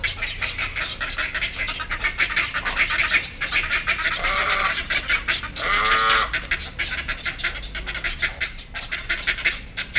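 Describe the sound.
Black-headed heron calls: harsh, nasal notes around four and six seconds over a dense, continuous rattling background.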